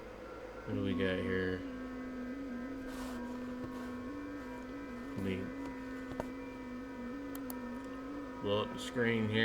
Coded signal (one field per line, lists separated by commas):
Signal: FT8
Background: speech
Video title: Me working dx and screen capture test on ham radio